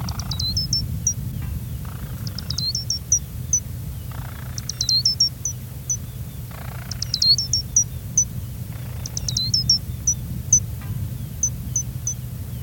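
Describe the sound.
Gray's lark calls: short bursts of high chips followed by single notes, repeated about every two seconds over steady low rumbling noise.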